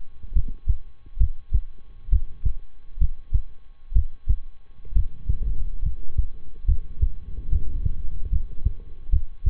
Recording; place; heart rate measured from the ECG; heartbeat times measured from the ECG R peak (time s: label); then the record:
heart sounds by stethoscope; between the tricuspid and mitral areas; 68 bpm
0.32 s: heartbeat
1.17 s: heartbeat
2.09 s: heartbeat
2.97 s: heartbeat
3.92 s: heartbeat
4.92 s: heartbeat
5.81 s: heartbeat
6.64 s: heartbeat
7.48 s: heartbeat
8.29 s: heartbeat
9.09 s: heartbeat
From the record:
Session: rest, lying down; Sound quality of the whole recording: good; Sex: male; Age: 23 years